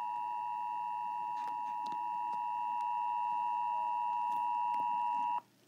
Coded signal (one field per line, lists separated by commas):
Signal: Emergency Alert System (SAME) tones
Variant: 853 and 960 Hz attention tone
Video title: Severe Thunderstorm Warning on WBAP-AM (EAS #941)